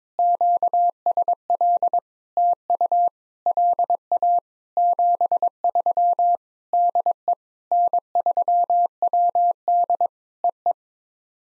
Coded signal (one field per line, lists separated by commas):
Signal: Morse code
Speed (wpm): 22 wpm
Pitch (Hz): 700 Hz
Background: none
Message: QSL TU LA 73 DE N3WD EE